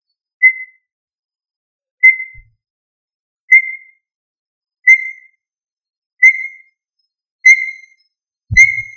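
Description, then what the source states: Quail giving brief, pure, high whistles, one note about every one and a half seconds, seven in all, with a faint low thump early on and another near the end. Labelled with the family Tinamidae and the local name puyuh.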